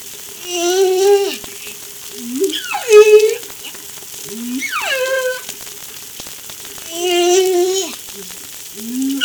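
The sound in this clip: Whale calls: long, rich tonal moans, some steady, others sweeping sharply up or down, repeated every few seconds over a constant crackling, hissing underwater background.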